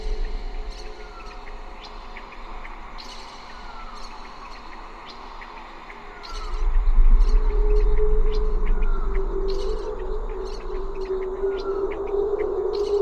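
Birds call at dawn with short, bright chirps and tweets repeating every second or so throughout. A low rumble and steady hum sit underneath, swelling noticeably louder around the midpoint and staying heavier to the end.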